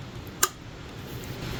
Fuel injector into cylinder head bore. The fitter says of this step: okay clicked in place